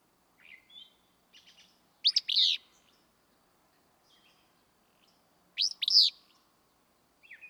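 Willow Flycatcher repeats its emphatic, sneezy two-part song about every three and a half seconds, with faint chirps and buzzes from other birds between phrases.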